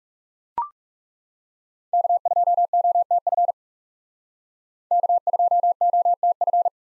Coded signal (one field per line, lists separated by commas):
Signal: Morse code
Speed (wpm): 39 wpm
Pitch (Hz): 700 Hz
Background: none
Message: K2OTF K2OTF